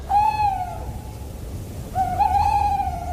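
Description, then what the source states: Tawny owl hooting: a short hollow hoot, a pause of about a second, then a longer, slightly wavering hoot over a faint low hum. Played back; a well-known night sound, said to cause fear in the forest.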